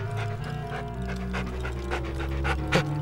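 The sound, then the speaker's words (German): A dog standing by a bench near a playground pants in quick, rhythmic breaths, its body twitching, jaws trembling and mouth opening, mixed with soft whining vocal sounds and a brief sharper yelp near the end, all at a steady moderate level with no talking. “Nicht bellen, Hermes, bitte.”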